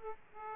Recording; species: mosquito wingbeat signal from an infrared sensor; Aedes aegypti